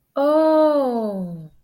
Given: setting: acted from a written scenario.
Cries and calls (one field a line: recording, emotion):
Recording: vocal sound without words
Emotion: realization